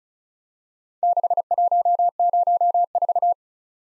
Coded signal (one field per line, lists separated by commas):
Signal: Morse code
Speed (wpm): 36 wpm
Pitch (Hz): 700 Hz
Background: none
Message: 6104